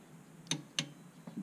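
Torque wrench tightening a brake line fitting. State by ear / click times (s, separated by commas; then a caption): torque reached / 0.5 s, 0.8 s. A torque wrench tightens a brake line fitting on a car and clicks at its set torque at 0.5 s and again at 0.8 s, two sharp bright snaps over a low background hum. A fainter, duller knock follows near 1.3 s. The fitting reaches its set torque without breaking.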